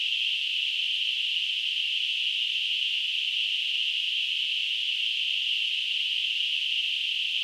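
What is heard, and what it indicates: Simulated tinnitus: a steady, unbroken high-pitched hissing noise in a narrow band centred near 3 kHz, with no low-frequency content, holding at the same level throughout.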